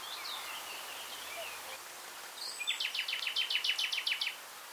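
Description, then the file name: Common nightingale song: faint high notes, then a fast, even run of many identical sharp, high notes lasting over a second, against steady background hiss. "Luscinia megarhynchos"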